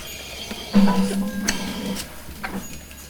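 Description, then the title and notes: Sheep bleat: one low, steady, harmonic call lasting over a second, with faint clatter and knocks around it. Field recording in a sheep fold at Gramaços, Oliveira do Hospital, during the daily milking of about 30 sheep. "ordenha (gramaços, oliveira do hospital). Ovelhas # 2 (Ordenha). gravacao de campo num redil de ovelhas, em gramacos, oliveira do hospital, aquando da ordenha diaria a cerca de 30 ovelhas"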